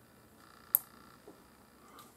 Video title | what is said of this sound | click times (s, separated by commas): Syma X8c Propellor Prop Assembly Installation | And turn this again until you hear a click. | 0.8 s